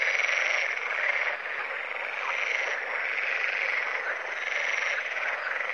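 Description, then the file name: Water frog croaking together in a steady, unbroken chorus of harsh overlapping calls that holds an even loudness throughout. "grenouille verte"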